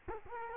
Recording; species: mosquito wingbeat signal from an infrared sensor; Culex quinquefasciatus